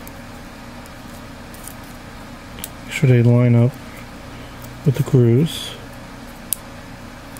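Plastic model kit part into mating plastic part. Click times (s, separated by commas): 6.5 s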